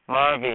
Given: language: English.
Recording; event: throat vibration sensor signal played as sound; speech